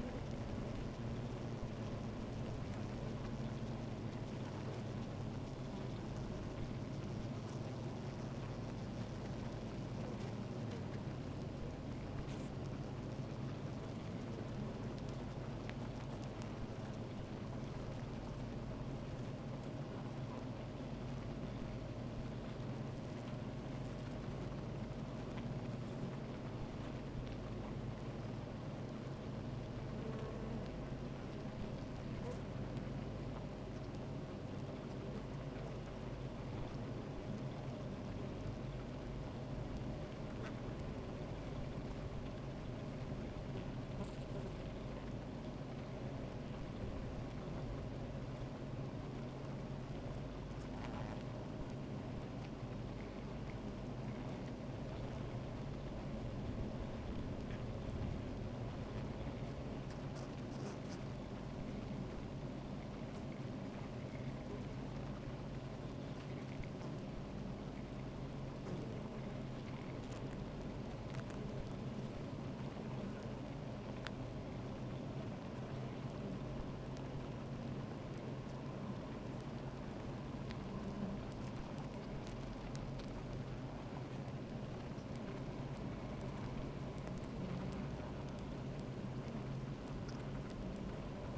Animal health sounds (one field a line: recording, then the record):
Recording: honeybee colony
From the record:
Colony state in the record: active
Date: 28 July 2017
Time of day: 13:12